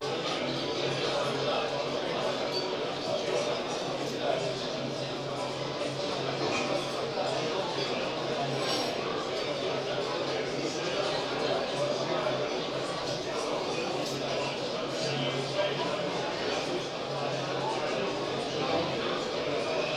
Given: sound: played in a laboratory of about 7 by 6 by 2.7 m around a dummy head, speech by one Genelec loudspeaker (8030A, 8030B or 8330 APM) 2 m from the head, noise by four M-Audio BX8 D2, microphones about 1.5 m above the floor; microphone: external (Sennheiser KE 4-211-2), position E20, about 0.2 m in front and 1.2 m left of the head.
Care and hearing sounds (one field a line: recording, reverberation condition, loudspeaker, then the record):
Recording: cafeteria noise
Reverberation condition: medium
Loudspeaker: four, about 170 cm from the corners of the room and facing them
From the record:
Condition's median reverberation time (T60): about 510 ms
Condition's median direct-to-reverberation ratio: about -0.5 dB